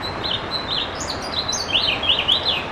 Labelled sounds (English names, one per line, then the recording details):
House Finch song
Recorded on Long Island, New York, on 21 June 2011
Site IT
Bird C